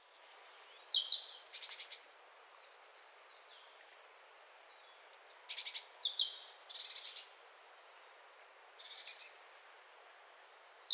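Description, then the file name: Great tit calling with sharp high notes and harsh buzzy chatter in several bursts, separated by short pauses, with faint hiss in the background. "Parus major"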